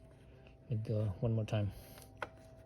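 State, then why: Seated. Someone talks while a bicycle threaded cup is spun backwards once more against the frame thread. At 2.2 s there is a short, sharp click as the thread drops in, and the cup is seated.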